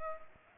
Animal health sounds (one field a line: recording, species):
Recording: mosquito wingbeat signal from an infrared sensor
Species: Culex pipiens